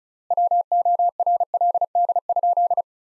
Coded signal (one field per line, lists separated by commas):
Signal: Morse code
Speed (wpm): 34 wpm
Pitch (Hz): 700 Hz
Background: none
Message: WORLD?